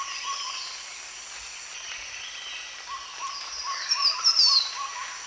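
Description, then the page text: Green Iora call: a single high, sharply descending whistled note near the end, over a steady background of other faint birds. Recorded at Danum, Borneo, on 1 January 2008. "Sound of Green Iora at Danum by EDWARDS, David"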